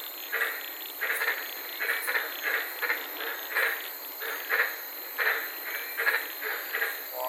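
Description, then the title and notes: White-lipped tree frogs producing bursts of harsh barking notes, roughly one burst a second, against a steady hiss. Several frogs calling at night in the Daintree rainforest, Queensland; recorded while sitting in a car. "White Lipped Frog Podcast. I was sitting in my car in the Daintree rainforest in Queensland this night and fell asleep listening to these amazing White lipped frogs"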